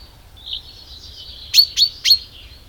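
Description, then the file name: Common chaffinch calling: three sharp, loud chip notes in quick succession near the end, preceded by a faint high thin tone, with low background rumble. "Fringilla coelebs"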